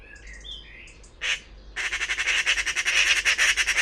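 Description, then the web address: Bird making a few soft chirps, one harsh squawk, then a long fast rasping rattle. "cianscape birddata Deverinetal 2025"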